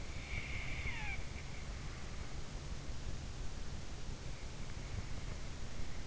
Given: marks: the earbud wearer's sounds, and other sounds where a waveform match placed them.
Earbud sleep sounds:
sounds in sleep by an in-ear microphone; snoring breath
0.25-1.39 s: snoring breath

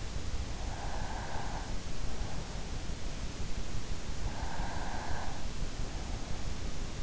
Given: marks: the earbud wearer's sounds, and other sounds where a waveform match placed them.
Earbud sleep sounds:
sounds in sleep by an in-ear microphone; breath
0.72-2.04 s: breath
4.10-5.87 s: breath

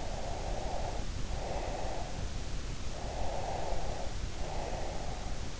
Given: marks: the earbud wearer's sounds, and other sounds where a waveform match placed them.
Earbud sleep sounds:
sounds in sleep by an in-ear microphone; breath
0.06-2.46 s: breath
3.11-5.57 s: breath

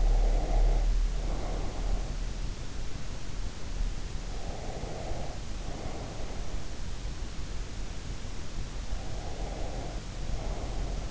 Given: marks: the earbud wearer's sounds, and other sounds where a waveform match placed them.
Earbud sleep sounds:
sounds in sleep by an in-ear microphone; breath
0.00-2.26 s: breath
4.52-6.39 s: breath
9.24-11.11 s: breath

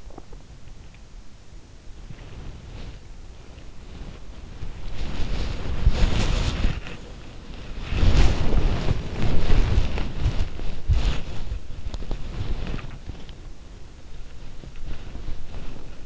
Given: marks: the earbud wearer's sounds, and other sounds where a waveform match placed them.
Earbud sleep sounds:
sounds in sleep by an in-ear microphone; swallowing, body movement
0.00-0.54 s: swallowing
2.00-16.06 s: body movement

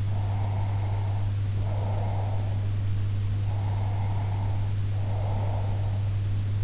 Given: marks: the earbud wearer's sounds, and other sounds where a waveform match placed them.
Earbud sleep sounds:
sounds in sleep by an in-ear microphone; breath
0.09-2.58 s: breath
3.41-6.01 s: breath

